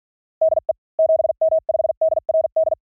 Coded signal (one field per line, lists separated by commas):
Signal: Morse code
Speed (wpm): 48 wpm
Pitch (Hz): 640 Hz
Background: none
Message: DE 7M5DRD